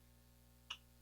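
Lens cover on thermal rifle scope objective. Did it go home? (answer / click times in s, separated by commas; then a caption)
yes / 0.7 s. The spring-loaded, magnetized lens cover on the objective of an AGM Rattler V3 LRF 50-640 thermal rifle scope is popped open. A single short, sharp tick sounds at 0.7 s over a steady low hum. The cover snaps into its open position and locks in place so it will not flop around.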